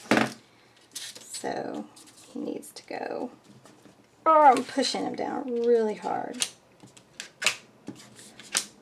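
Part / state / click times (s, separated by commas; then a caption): small closure piece into a mini album cover / not seated / none. A small closure piece is pressed down hard into the paper cover of a handmade mini album while someone talks. Short taps and soft scraping sounds come in between the speech. The closure has not clicked or seated, and no satisfying click is heard.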